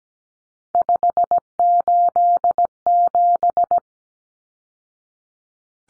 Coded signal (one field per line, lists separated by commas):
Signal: Morse code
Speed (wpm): 17 wpm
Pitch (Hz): 700 Hz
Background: none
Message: 587